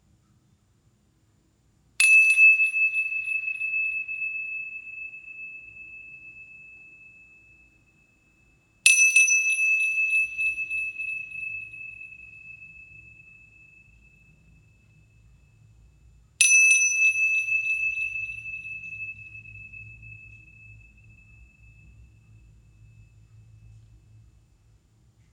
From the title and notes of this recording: HEALING BOWLS FOR LAKE COUNTY.